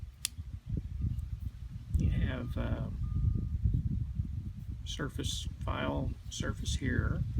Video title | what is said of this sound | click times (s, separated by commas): How To Choose A Multi-Tool, Part 4 | locks into place | 0.2 s